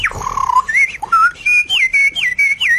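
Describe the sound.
A person whistles a birdsong imitation: a string of bright, high-pitched chirps and warbles with quick rising and falling slides, repeated in short rhythmic phrases, with no talking.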